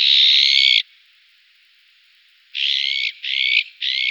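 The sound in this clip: Azure-winged magpie harsh calls: one long grating rasp, a short silence, then three shorter rasping notes in quick succession.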